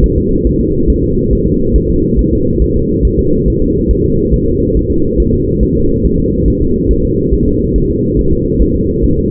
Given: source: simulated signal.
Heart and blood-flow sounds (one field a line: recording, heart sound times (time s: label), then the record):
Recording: fetal heart sounds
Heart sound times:
0.04 s: S1
0.18 s: S2
0.47 s: S1
0.61 s: S2
0.90 s: S1
1.04 s: S2
1.33 s: S1
1.47 s: S2
1.76 s: S1
1.90 s: S2
2.19 s: S1
2.33 s: S2
2.62 s: S1
2.76 s: S2
3.05 s: S1
3.19 s: S2
3.48 s: S1
3.62 s: S2
3.91 s: S1
4.05 s: S2
4.34 s: S1
4.48 s: S2
4.77 s: S1
4.91 s: S2
5.20 s: S1
5.34 s: S2
5.63 s: S1
5.77 s: S2
6.05 s: S1
6.20 s: S2
6.48 s: S1
6.62 s: S2
6.91 s: S1
7.05 s: S2
7.34 s: S1
7.48 s: S2
7.76 s: S1
7.90 s: S2
8.19 s: S1
8.33 s: S2
8.62 s: S1
8.76 s: S2
9.04 s: S1
9.18 s: S2
From the record:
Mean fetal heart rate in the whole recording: 140 bpm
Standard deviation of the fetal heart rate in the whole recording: 2 bpm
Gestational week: 34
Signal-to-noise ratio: -15.3 dB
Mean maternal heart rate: 72 bpm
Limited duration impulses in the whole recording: present